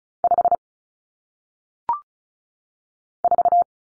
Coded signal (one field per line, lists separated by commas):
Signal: Morse code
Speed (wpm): 33 wpm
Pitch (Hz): 700 Hz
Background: none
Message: 5 4